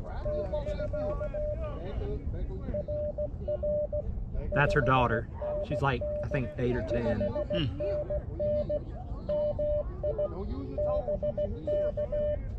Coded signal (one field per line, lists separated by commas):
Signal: Morse code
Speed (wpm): 17 wpm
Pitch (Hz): 600 Hz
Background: speech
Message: <BK> RR 5NN 5NN MI BK